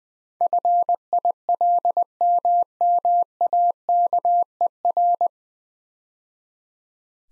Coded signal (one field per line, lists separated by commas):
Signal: Morse code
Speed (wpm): 20 wpm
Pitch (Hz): 700 Hz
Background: none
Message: FILMMAKER